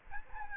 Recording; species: mosquito wingbeat signal from an infrared sensor; Aedes albopictus